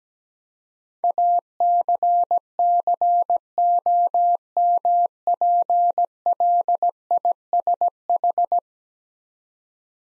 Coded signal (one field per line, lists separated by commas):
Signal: Morse code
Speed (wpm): 17 wpm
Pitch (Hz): 700 Hz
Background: none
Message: ACCOMPLISH